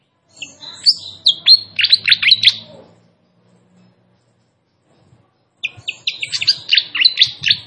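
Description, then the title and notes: Fantail song: a burst of sharp, high chirps and short whistled notes, then a long pause, then another quick run of chirps. Master recording of sikatan kipas (fantail flycatcher) song for cage-bird training, described as a clear voice; also called sikatan londo. "Masteran Sikatan Kipas Suara Jernih Dan Suara Gemericik Air. Suara Burung Sikatan Londo"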